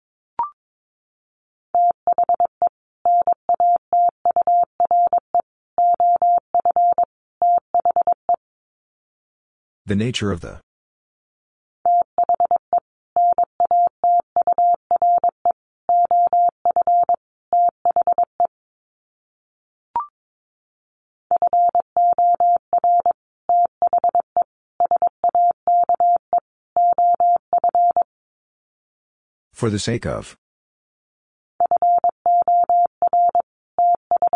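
A steady mid-pitched tone beeps out Morse code in quick runs of dots and dashes, sent in three groups with silent gaps between them. Twice, near ten and thirty seconds, a short burst of hissy noise breaks in, and a faint click marks each group's start.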